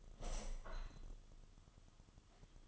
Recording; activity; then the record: daily activity, microphone in the room; open window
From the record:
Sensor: 4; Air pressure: 1005.5 hPa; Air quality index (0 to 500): 98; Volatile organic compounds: 2 ppm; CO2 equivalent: 1218 ppm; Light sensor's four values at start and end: 13/29/11/11 and 13/29/11/11